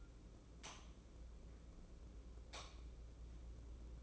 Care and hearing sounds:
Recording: daily activity, microphone in the room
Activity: light off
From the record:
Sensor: 1

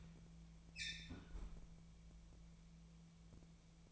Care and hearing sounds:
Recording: daily activity, microphone in the room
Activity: close fridge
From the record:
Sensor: 1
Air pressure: 1000.1 hPa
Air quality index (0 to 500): 134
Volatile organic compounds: 2 ppm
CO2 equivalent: 1264 ppm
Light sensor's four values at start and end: 37/93/39/48 and 37/94/39/48

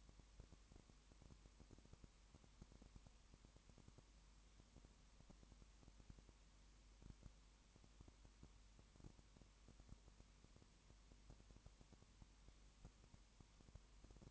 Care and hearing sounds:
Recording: daily activity, microphone in the room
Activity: no activity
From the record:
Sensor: 1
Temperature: 19.7 degrees Celsius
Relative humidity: 40.5%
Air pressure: 1010.7 hPa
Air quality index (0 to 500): 209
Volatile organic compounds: 56 ppm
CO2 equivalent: 3375 ppm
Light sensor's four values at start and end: 1/2/1/1 and 1/2/1/1

